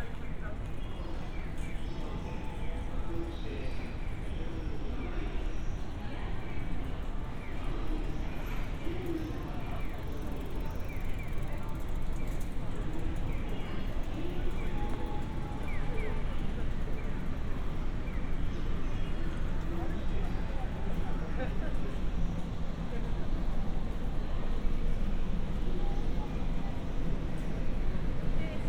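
Walking through Funabashi, Japan, with a steady dense murmur of voices, scattered footsteps and clatter, and a constant low rumble throughout.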